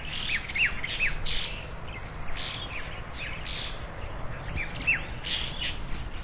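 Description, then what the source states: Birds chirping: short, bright, sharp notes repeated irregularly throughout, over a steady low rumble. Birds frolicking on branches in front of a rural country house, early morning, heard through an opened window; calm, peaceful scene.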